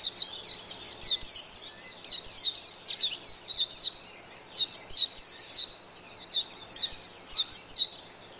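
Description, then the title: White-eye giving a continuous high, sweet twittering song of quick rising and falling notes, almost without pause. "Pleci"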